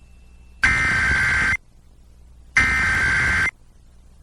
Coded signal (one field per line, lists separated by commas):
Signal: Emergency Alert System (SAME) tones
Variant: header bursts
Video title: EAS #873-877: 5 EAS National Periodic Tests (National EAS Test)- Oct. 4, 2023- 11:20AM PDT